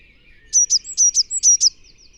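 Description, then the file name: Eurasian blue tit calling with a quick run of high, sharp chirps, paired notes repeated about three times in just over a second. "Cyanistes caeruleus"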